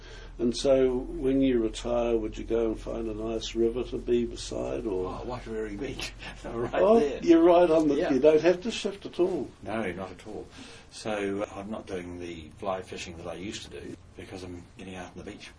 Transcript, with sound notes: And so when you retire would you go and find a nice river to be beside or..? Oh, Waitarere Beach, right there. [Chuckle] You’re right on the… you don’t have to shift at all? No, not at all. So I’m not doing the fly fishing that I used to do because I’m getting out on the beach more.